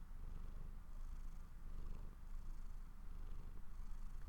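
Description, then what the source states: Domestic cat purring, a steady low rumble that swells and eases with each breath, continuous throughout with a faint hiss above. Owner's own pet cat, purring while falling asleep.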